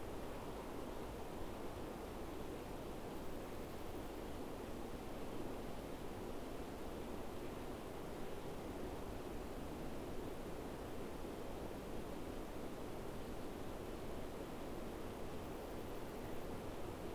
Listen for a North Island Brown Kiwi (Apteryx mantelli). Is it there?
no